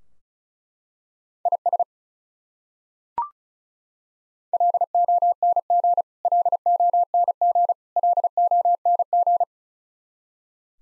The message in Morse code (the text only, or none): IS LONG LONG LONG